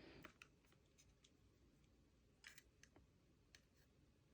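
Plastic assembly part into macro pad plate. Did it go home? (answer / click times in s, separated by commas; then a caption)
no / none. A 2 mm hex wrench pushes a stiff plastic part into its hole in a macro pad plate during assembly. Light scraping and a few small, sharp ticks are heard against a quiet background. Nothing has seated or clicked into place yet.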